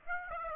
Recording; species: mosquito wingbeat signal from an infrared sensor; Aedes aegypti